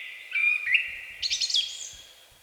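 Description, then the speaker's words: Song thrush song: one brief phrase of clear whistled notes, then a quick, higher, chattering flourish. Song; source renders it as 'Spiridon, Spiridon, come, come, drink tea, drink tea'; voice sonorous, solemn; long, varied, intricate song, heard from early April, morning to evening, loudest mornings and evenings. "С начала апреля, едва певчие дрозды прилетают на родину, с утра до вечера, особенно громко именно по утрам и вечерам, звучит их песня. Вот-вот, слышите?"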